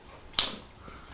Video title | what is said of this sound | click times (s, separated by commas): Byrd Cara Cara 2, 66% Perfection | hear it click pretty strong | 0.4 s